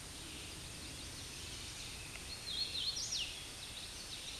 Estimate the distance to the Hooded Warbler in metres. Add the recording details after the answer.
about 40 m. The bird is about 5 m below the microphone. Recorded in a Pennsylvania forest on 16 May 2024 at 09:40. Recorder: AudioMoth, point MSD-2163. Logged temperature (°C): 16.1 °C. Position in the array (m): 142 m, 128 m